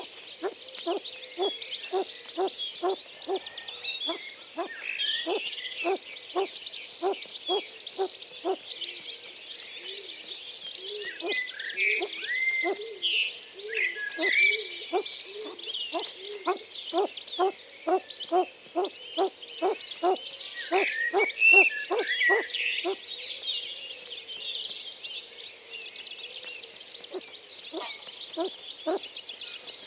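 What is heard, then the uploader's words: A garden at the bottom of the yard, filled with a steady chorus of high birdsong. Through it runs a low, hooting call repeated quickly and evenly, about twice a second, for the full half minute. It pauses briefly near the middle, then resumes. The Bottom of My Garden.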